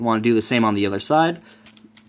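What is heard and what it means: Someone talks while handling a Transformers Studio Series 53 Mixmaster figure, about to notch a plastic foot into the slot on the other side of the combining figure during the combiner step. After the talking stops, only faint, quiet handling taps are heard around 1.7, 1.8 and 2.0 seconds. Nothing has seated or clicked yet.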